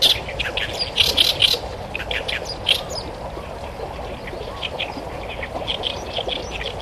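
Great reed warbler singing loud croaky, chattering syllables in quick uneven runs that fade into softer notes, with constant low background noise throughout.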